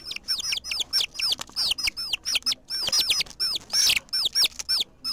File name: Pollitos Chiken Lillttle Bird